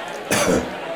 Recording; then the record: coughing mixed with background sound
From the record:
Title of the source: Spring Cold Coughing 3